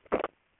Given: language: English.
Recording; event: throat vibration sensor signal played as sound; swallow